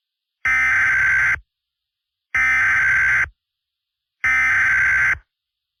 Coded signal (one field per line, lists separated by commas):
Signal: Emergency Alert System (SAME) tones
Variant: header bursts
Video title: If An EAS Gets Issued Before A Warning Gets Issued On A Marginal Risk Day